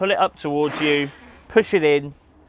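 A folding wheelchair ramp in the rear of a Renault Trafic wheelchair-accessible van is being handled toward its stowed latch: lifted by its handle, pulled up and pushed in. Someone talks throughout, and no distinct mechanical click stands out. Nothing has seated or clicked yet.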